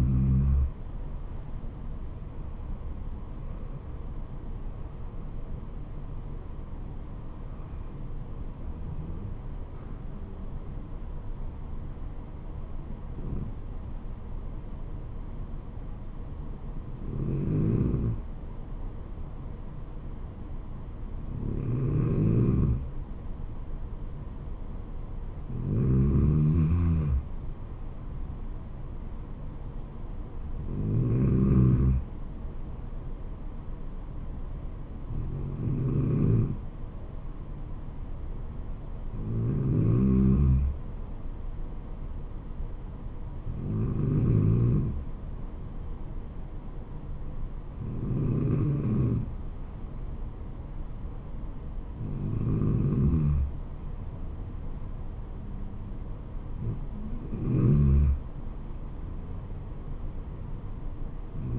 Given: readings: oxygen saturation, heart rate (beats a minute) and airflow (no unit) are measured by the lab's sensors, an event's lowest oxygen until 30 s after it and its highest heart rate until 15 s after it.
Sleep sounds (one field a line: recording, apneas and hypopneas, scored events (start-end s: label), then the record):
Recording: breathing in sleep by a smartphone at the bedside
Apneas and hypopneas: none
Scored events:
none scored
From the record:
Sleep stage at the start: N2 (light sleep)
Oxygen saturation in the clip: 93 to 95%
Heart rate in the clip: 66 to 77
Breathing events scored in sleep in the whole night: 426 in 7.4 hours asleep